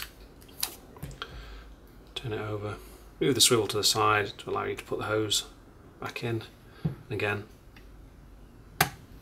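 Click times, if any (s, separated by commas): 8.8 s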